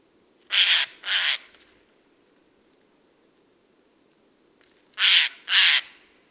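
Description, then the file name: Eurasian jay giving two rasping screeches, a long quiet gap, then two more harsh calls; otherwise near silence. "Garrulus glandarius"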